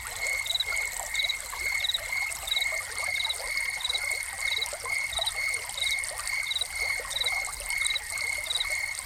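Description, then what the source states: Crickets chirping in short, even pulses over a steady high trill, repeated regularly, with splashing, trickling fountain water throughout. Soundscape of crickets recorded together with a fountain.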